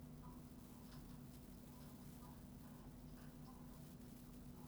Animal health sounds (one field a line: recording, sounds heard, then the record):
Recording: poultry house recording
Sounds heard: healthy chickens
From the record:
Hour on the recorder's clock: 21